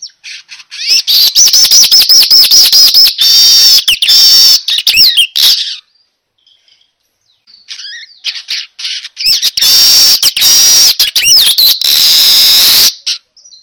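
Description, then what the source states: Weaver song, long loud bouts of fast buzzy sizzling chatter with short rattling notes, a quiet pause midway, then another dense chattering burst. Lure call of a vigorously singing manyar weaver, used to draw in other birds.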